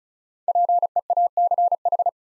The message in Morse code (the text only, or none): PEACH